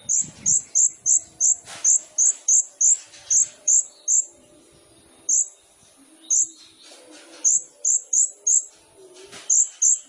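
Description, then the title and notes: Sunbird calls: sharp high chip notes repeated roughly every third of a second in runs, with short gaps between the runs. Indonesian masteran training song; song full of isian and tembakan; bird described as gacor; suited as pancingan. "MASTERAN KOLIBRI NINJA TERBAIK FULL ISIAN DAN TEMBAKAN MEWAH COCOK BUAT PANCINGAN. Suara Burung Kolibri Ninja Gacor"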